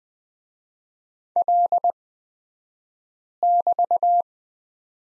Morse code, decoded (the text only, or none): L<BT>